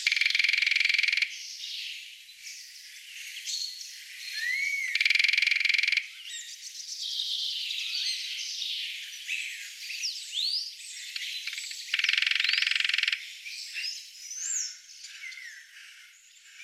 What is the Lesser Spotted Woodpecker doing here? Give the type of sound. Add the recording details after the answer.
drumming. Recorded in the wild. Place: Oberrotweil am Kaiserstuhl, Baden-Württemberg, DE. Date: 1996-04-05. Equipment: Dat-Recorder Casio DA 7, Telinga DAT, Telinga-Parabolspiegel. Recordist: Schwarz, Dieter